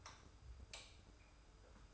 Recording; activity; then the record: daily activity, microphone in the room; light off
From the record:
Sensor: 2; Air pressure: 990.8 hPa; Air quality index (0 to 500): 121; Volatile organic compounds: 88 ppm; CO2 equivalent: 3671 ppm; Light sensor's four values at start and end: 30/78/31/31 and 26/60/24/24